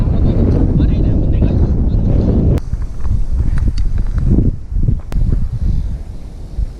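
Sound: strong wind blowing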